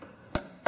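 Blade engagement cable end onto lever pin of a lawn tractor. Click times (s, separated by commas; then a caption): 0.4 s. The blade engagement cable end on a lawn tractor, already slid over the lever pin, is pushed down until it snaps in with a sharp click at 0.4 s. A second, softer knock follows at 0.7 s. The cable end is seated and hooked up on the pin.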